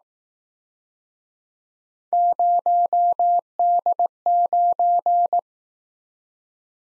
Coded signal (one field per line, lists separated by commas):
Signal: Morse code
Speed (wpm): 18 wpm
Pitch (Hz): 700 Hz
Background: none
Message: 0D9